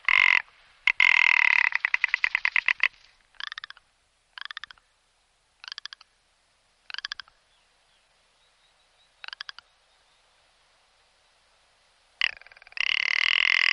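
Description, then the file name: Rock ptarmigan calls: a long harsh rattling croak, then a run of short clicking pulse series spaced one to two seconds apart, ending in another loud rasping burst. "lagopede alpin"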